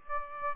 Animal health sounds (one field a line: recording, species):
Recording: mosquito wingbeat signal from an infrared sensor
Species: Aedes aegypti